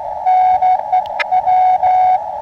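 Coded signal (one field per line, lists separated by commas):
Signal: Morse code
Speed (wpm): 15 wpm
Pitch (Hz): 740 Hz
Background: none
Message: NEW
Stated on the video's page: Morse greeting from SAQ Grimeton Alexanderson alternator on 17.2 kHz, Christmas transmission, received with simple equipment, crackling from an electric fence.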